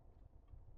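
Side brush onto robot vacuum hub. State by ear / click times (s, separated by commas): not seated / none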